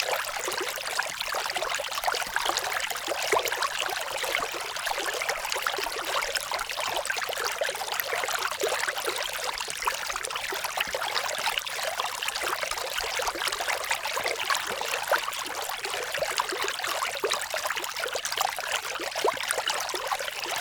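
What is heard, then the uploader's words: A babbling brook runs steadily, a dense bright trickle and splash of water over stones with no pauses or changes across the whole stretch. The sound is close and crisp, mostly high and hissy, with little low rumble beneath. Cute Babbling Brook.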